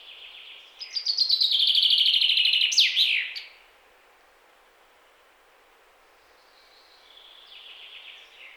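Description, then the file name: Common chaffinch song: a run of bright repeated notes descending in pitch, ending in a sharp flourish, followed later by a fainter second song. "Fringilla coelebs"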